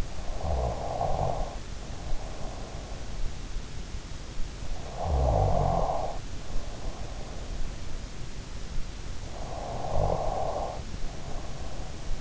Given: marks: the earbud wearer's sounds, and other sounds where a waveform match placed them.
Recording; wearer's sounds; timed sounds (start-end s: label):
sounds in sleep by an in-ear microphone; snoring breath
0.00-2.91 s: snoring breath
4.37-7.74 s: snoring breath
9.43-12.21 s: snoring breath